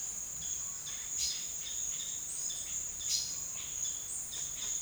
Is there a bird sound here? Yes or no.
yes